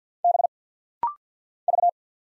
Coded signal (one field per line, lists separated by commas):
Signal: Morse code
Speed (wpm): 50 wpm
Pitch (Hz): 700 Hz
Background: none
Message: B V